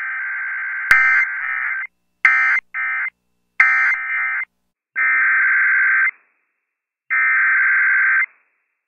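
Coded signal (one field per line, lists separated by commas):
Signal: Emergency Alert System (SAME) tones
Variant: header bursts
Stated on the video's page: Emergency Alert System weekly and monthly test alerts.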